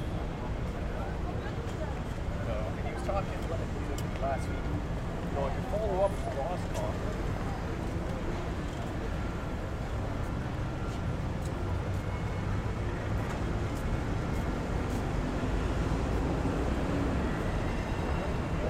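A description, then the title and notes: Steady street ambience on a busy city street, with a constant low rumble of traffic filling the whole clip. Indistinct voices murmur through the middle, brightest around five to seven seconds, and a few faint clicks and knocks sit above the hum. Market Street, San Francisco, CA. Ambient sound of Market Street. Recorded with Zoom H6, using X/Y Mic Capsule at 120 Degrees wide.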